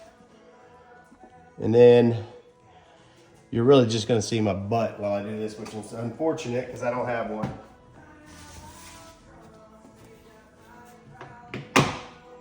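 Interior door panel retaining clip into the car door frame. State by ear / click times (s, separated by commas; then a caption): seated / 11.5 s, 11.8 s. A man talks while the interior door panel of a 2014 Ford Explorer is pushed onto the door and its plastic push-rivet retaining clips are pressed into the door frame. Sharp pops are heard at 11.5 and 11.8 seconds as the clips seat.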